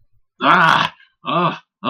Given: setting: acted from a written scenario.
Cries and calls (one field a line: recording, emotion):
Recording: vocal sound without words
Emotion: pain